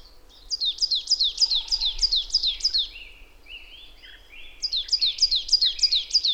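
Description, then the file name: Marsh tit calling: a fast run of about eight bright downslurred notes, then several lower buzzy notes, before another rapid series begins. "Poecile palustris"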